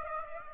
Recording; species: mosquito wingbeat signal from an infrared sensor; Aedes aegypti